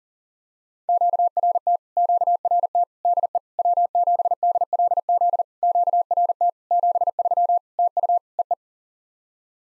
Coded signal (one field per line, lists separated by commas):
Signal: Morse code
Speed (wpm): 40 wpm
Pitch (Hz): 700 Hz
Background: none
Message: QRT QRT DE W7DLZ QRT 73 TU EE